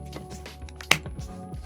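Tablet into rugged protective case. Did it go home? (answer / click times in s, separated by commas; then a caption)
yes / 0.9 s. An iPad Pro is pressed into a rugged protective case frame from the Chesona Armor Dock Series. Over background music, a sharp click at 0.9 s marks the tablet seating into the case, followed by lighter handling taps.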